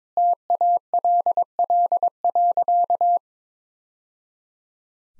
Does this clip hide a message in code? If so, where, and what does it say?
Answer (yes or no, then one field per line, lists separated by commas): yes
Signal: Morse code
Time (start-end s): 0.2-3.2 s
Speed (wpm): 22 wpm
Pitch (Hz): 700 Hz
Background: none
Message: TALL.